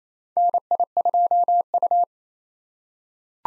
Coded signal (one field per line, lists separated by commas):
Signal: Morse code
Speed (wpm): 27 wpm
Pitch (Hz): 700 Hz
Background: none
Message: NI2U